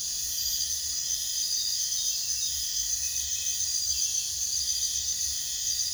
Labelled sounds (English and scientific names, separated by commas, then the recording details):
none
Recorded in pastures near Puerto Asís, Putumayo, Colombia, on 22 June 2025 at 02:30
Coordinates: 0.466, -76.322
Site GP07